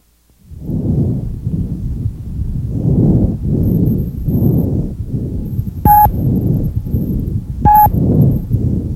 Bronchovesicular breath sounds. Inspiratory and expiratory phases are about equal in length. They are normally audible in two places. Number one, anteriorly near the main stem bronchi in the first and second intercostal spaces, and number two, posteriorly between the scapulae. They may be heard elsewhere in the presence of lung consolidation.